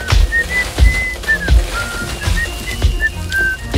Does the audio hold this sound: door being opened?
no